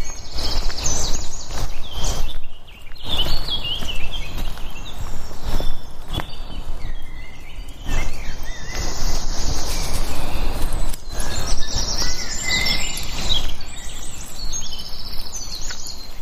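A walk in the woods with a dog, with birds chirping and calling high above a steady rustling bed of noise. Short bright whistles and trills come and go throughout, while heavier crunching bursts, like footsteps or brushing through undergrowth, recur every few seconds.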